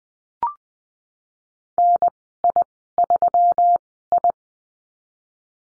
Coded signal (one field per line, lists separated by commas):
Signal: Morse code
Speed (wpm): 19 wpm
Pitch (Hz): 700 Hz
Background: none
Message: NI3I